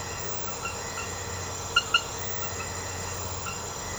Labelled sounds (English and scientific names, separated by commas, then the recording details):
none
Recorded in secondary vegetation near Puerto Asís, Putumayo, Colombia, on 19 March 2025 at 01:30
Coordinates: 0.468, -76.324
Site G059